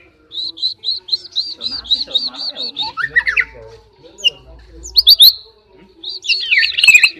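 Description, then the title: Oriental magpie-robin song: a steady series of about a dozen identical clipped whistles, followed by varied sharp notes and a final jumbled chattering phrase. "kacer"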